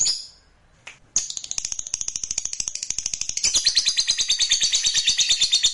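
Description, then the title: Lovebird chatter: a brief squeak, then a fast, shrill rattling trill that starts after a pause and swells louder halfway through. "Suara Lovebird"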